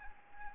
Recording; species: mosquito wingbeat signal from an infrared sensor; Anopheles arabiensis